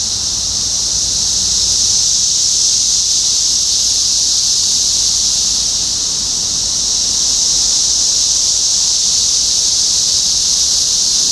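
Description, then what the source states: Steady shrill cicada drone, many insects blending into one constant sizzling buzz with little change over time. Several cicadas recorded in Topeka, Kansas, United States, on 14 June 2015.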